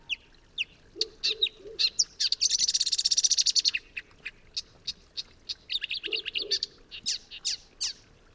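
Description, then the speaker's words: Marsh Warbler song: a fast, varied run of sharp chirps and trills, with a long buzzy rattle in the middle and a few soft low notes underneath. Males sing actively at night to attract a female; recorded 3:38 am by moonlight from a small willow in a meadow pasture, Vercors, 28 May 2020; recently arrived; Nagra Seven, MKH40. "La lune éclaire un petit saule où chante une rousserolle verderolle inventive."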